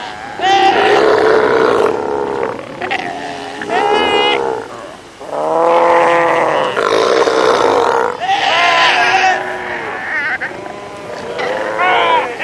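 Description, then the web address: South American sea lion calls: several loud, harmonic, wavering bleats in bursts separated by short pauses. "earth naturelibrary assets s so south american sea lion"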